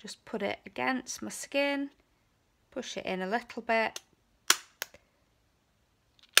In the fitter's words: you can hear the click